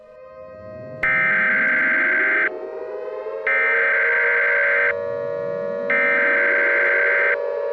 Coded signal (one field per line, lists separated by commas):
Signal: Emergency Alert System (SAME) tones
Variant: header bursts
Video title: EAS Scenario- The Trembling Thunder